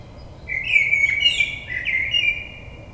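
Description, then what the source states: Common blackbird song: a mellow, fluty warbled phrase that slides and wavers, capped by thin, squeaky high twitters, with faint steady background hiss. 22 May 2022.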